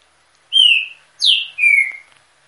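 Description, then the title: Green-winged saltator song: three clear whistled notes, the first slurred downward, the second dropping sharply from high, the third a long falling whistle, with quiet pauses between. Female warming up her song in an aviary. "fêmea de Trinca-ferro esquentando no viveiro"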